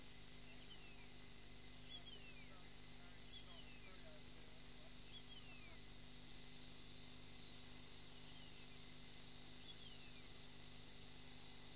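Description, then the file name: White-eared monarch calls: faint, descending whistled slurs repeated every one to three seconds over a steady low hum and hiss. "White-eared Monarch rushck"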